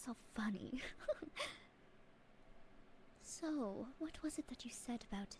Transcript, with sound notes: you're so funny. *laughs* So, what was it that you said about...